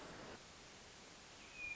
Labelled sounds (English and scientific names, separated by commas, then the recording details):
Hermit Thrush (Catharus guttatus)
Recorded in Sonoma County, California